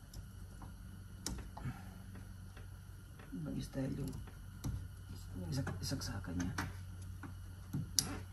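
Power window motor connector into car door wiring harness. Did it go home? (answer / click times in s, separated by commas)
yes / 8.0 s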